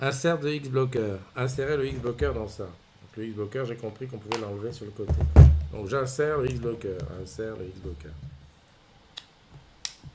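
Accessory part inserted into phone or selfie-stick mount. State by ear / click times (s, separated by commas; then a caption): seated / 9.9 s. While unboxing a Crosscall Trekker X4 phone with its selfie-stick accessory, an accessory part is pushed into the phone or the selfie-stick mount. Someone talks for most of the clip, then after a quiet stretch there is a faint tick at 9.2 s and a sharp click at 9.9 s. The part clicks into place.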